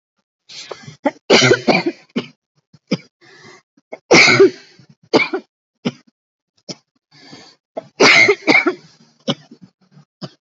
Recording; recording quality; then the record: heavy voluntary cough; excellent, no background noise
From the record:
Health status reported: COVID-19 positive, mild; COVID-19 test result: positive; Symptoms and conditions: cough, cold, fever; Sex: female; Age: 34 years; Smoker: not ticked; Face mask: not worn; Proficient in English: yes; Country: India